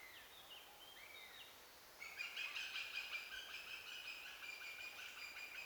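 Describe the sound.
Eurasian goshawk giving a fast, chattering series of nasal cackling notes that starts after a few faint, thin calls, over steady background hiss.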